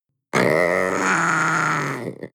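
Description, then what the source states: Panther giving one rough, drawn-out snarl of about two seconds, steady and throaty with a ragged fade at the end. Young animal, snarling.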